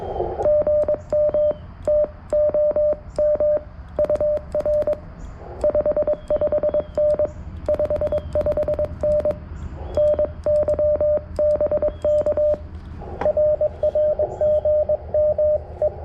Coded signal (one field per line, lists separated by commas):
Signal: Morse code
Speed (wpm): 22 wpm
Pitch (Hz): 600 Hz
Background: radio noise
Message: GM TOM UR 55N 55N NY BK RR GM E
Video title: Morning CW POTA with the FX-4CR